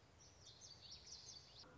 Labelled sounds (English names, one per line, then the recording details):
Common Yellowthroat
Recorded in Sonoma County, California